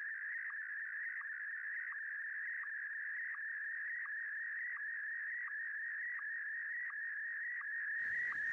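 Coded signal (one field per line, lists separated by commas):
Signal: SSTV (slow-scan television)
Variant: PD120 mode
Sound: continuous warbling mid-pitched tone with short low sync blips recurring under a second apart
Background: radio static at end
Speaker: and here you can see the iss signal coming up and the picture slowly developing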